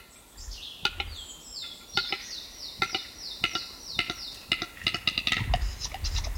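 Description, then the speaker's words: Western capercaillie lek display: sharp clicks at irregular intervals, quickening into a run of chopping knocks toward the end. Lek display (tjäderspelet), described as a clicking, chopping sound. "Oj, det var som ett hackande ljud. Ja, det är tjäderspelet."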